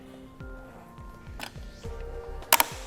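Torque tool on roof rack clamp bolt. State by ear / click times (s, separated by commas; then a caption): torque reached / 2.5 s, 2.6 s. The included Yakima torque tool tightens a roof rack clamp bolt on a 2018 Ram 1500, with the bolts brought down evenly on each side. Faint ratcheting sounds and light rattles play over steady music. The tool gives two sharp clicks at 2.5 and 2.6 seconds, confirming the bolt has reached enough torque.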